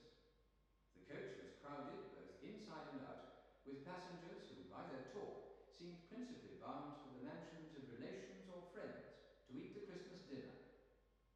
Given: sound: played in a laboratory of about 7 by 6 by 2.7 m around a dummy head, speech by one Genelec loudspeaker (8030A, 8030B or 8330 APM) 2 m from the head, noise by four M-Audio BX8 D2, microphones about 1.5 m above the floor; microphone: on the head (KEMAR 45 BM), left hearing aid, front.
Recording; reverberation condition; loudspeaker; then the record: male speech in English; high; 150 degrees to the right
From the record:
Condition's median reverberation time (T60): about 1300 ms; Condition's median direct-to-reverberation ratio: about -4.0 dB